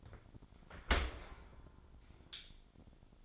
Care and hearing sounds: daily activity, microphone in the room; open dishwasher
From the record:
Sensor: 5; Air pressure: 1006.9 hPa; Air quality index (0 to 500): 183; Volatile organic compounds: 5 ppm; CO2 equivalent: 1746 ppm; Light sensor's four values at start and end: 54/150/59/59 and 53/148/58/58

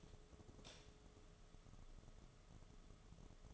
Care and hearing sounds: daily activity, microphone in the room; light on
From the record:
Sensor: 4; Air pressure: 1011.1 hPa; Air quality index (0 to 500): 148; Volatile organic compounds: 3 ppm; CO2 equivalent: 1518 ppm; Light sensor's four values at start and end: 124/326/137/143 and 125/329/139/144

